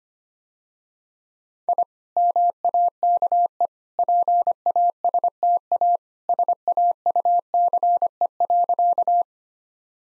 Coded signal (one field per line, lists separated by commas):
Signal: Morse code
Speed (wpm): 25 wpm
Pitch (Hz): 700 Hz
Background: none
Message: I MAKE PASTA SAUCE.